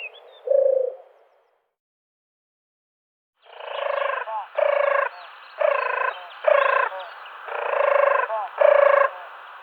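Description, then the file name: European turtle dove purring song, a short rolling purr, a pause, then a run of deep vibrating purrs repeated about once a second. "Turteltaube"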